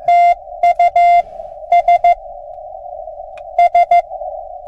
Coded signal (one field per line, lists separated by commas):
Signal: Morse code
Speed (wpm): 19 wpm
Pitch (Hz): 700 Hz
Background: none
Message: TU S S